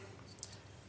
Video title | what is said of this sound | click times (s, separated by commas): Servicing a Watts 009 | it back into the body of the valve ensuring the valve rolls past the o-ring and clicks | 0.4 s